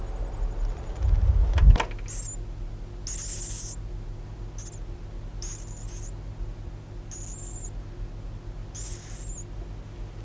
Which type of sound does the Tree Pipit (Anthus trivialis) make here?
call